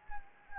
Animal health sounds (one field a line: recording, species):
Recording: mosquito wingbeat signal from an infrared sensor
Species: Anopheles arabiensis